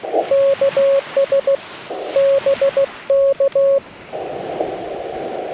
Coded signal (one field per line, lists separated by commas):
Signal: Morse code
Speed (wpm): 16 wpm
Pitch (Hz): 550 Hz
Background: none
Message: KS BK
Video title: Morse code POTA in my Home Park - Logging With World Radio League!!!